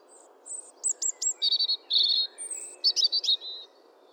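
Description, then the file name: European robin singing a varied phrase of thin high whistles, trills and quick twittering notes, some sliding, others buzzy, lasting about three seconds over a faint low hum. "Erithacus rubecula"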